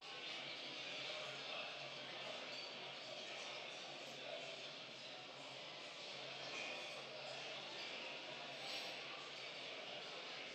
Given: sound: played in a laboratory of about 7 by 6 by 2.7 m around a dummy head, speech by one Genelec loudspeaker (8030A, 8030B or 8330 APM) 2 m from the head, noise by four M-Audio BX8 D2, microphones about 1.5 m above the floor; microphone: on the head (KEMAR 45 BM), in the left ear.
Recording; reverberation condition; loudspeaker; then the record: cafeteria noise; high; four, about 170 cm from the corners of the room and facing them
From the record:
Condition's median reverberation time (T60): about 1300 ms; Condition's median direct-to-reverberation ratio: about -4.0 dB